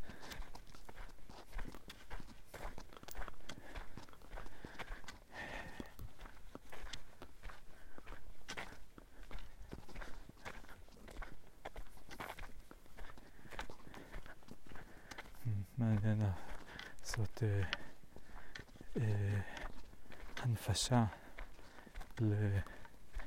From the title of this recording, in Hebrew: טיול יומי ביער